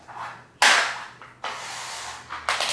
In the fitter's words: the seat line the top of the hydraulic into the bottom of the Tilt mechanism and push down to lock into place